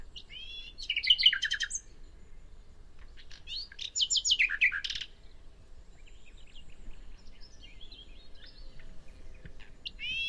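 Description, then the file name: Common nightingale song: two short bursts of sharp varied notes, then softer scattered twittering. "Luscinia megarhynchos"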